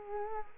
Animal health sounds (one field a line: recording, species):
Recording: mosquito wingbeat signal from an infrared sensor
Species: Culex quinquefasciatus